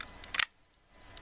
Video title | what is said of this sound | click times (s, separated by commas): Ultra E.G. Ultra Egg Liner Review | against this little rectangle right here and you should hear a click I'll hold it up to the mics you can hear right | 0.4 s